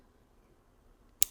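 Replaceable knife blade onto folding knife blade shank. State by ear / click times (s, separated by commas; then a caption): seated / 1.2 s. A replaceable steel scalpel-style blade for a Havalon folding knife is pushed over the knife's metal shank, with only faint low background noise at first. At 1.2 s it locks on with a single sharp, bright click that fades quickly. The blade is seated and confirmed on when pulled.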